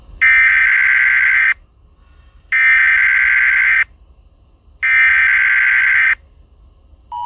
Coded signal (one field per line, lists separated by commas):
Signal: Emergency Alert System (SAME) tones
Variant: header bursts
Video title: EAS SCENARIO 4: Tacodile Attack